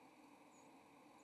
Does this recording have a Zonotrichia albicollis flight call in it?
yes